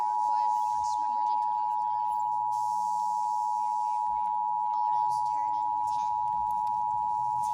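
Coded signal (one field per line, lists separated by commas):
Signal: Emergency Alert System (SAME) tones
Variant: 853 and 960 Hz attention tone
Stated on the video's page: Required monthly test for the Roanoke area recorded from three TV stations, plus a required weekly test on one of them.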